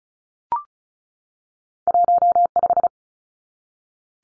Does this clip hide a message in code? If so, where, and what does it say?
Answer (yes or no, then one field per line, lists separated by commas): yes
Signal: Morse code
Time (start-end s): 1.9-2.9 s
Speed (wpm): 34 wpm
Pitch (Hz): 700 Hz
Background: none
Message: 15